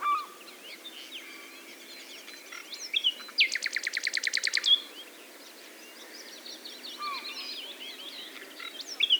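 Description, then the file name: Common nightingale song: a fast rattling series of about a dozen evenly spaced pulses, with soft chirps and whistles around it. "Luscinia megarhynchos"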